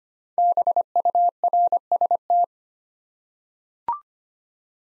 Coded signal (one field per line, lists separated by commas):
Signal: Morse code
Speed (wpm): 25 wpm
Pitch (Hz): 700 Hz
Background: none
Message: BURST